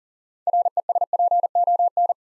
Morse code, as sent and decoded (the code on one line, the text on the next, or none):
.-. . ... .--. --- -.
RESPON